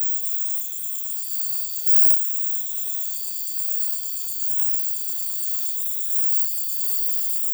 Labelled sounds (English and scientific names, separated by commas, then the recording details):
none
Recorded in dense forest near Puerto Asís, Putumayo, Colombia, on 19 February 2024 at 03:00
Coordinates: 0.505, -76.324
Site G6467